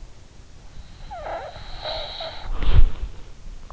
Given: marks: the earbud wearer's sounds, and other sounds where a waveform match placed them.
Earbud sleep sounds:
sounds in sleep by an in-ear microphone; breath, body movement
0.33-2.39 s: breath
1.59-3.32 s: body movement

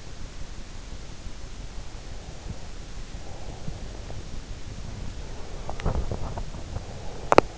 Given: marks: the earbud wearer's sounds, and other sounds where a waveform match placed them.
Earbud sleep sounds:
sounds in sleep by an in-ear microphone; breath, teeth grinding
1.58-4.34 s: breath
5.31-7.58 s: teeth grinding

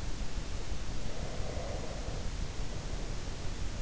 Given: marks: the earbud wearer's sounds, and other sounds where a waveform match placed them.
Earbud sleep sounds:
sounds in sleep by an in-ear microphone; breath
1.08-3.34 s: breath

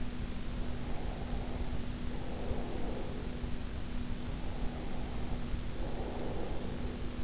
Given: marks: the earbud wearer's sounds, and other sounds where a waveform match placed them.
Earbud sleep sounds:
sounds in sleep by an in-ear microphone; breath
0.39-3.60 s: breath
4.13-7.24 s: breath

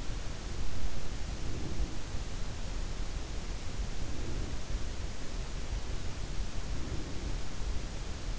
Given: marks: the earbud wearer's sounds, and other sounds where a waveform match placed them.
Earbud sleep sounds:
sounds in sleep by an in-ear microphone; breath
1.03-2.10 s: breath
3.84-4.84 s: breath
6.58-7.59 s: breath

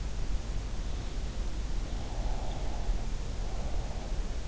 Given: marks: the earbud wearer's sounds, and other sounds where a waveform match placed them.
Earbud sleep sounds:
sounds in sleep by an in-ear microphone; breath
1.89-4.40 s: breath

